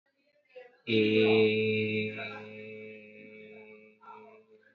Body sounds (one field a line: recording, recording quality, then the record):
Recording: sustained vowel as in made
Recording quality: excellent, no background noise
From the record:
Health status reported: healthy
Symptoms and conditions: none ticked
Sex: male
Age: 26 years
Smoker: not ticked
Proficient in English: yes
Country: India